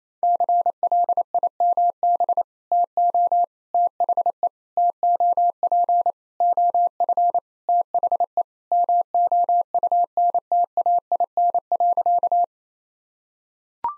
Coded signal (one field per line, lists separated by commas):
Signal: Morse code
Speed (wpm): 27 wpm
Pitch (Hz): 700 Hz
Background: none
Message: CLIMB TO THE TOP OF THE MOUNTAIN.